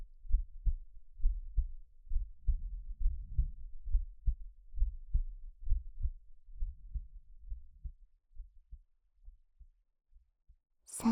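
Steady, low, muffled heart thumps at about 67 beats a minute, with a soft rumble between some beats in the first half. The beats fade toward the end, and a brief burst of handling noise closes the clip.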